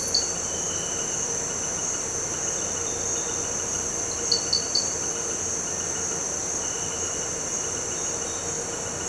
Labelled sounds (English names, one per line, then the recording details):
none
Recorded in pastures near Puerto Asís, Putumayo, Colombia, on 4 March 2025 at 18:00
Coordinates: 0.466, -76.322
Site CSA-02